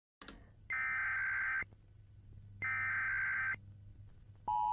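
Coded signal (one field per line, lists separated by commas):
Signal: Emergency Alert System (SAME) tones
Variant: header bursts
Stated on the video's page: EAS tones in an analog-horror fiction production.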